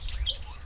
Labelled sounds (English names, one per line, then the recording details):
Stitchbird song
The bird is a male
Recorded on Tiritiri Matangi Island, New Zealand, in 2005
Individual 19, of nest box 27